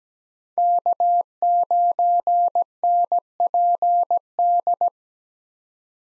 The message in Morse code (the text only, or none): K9NPD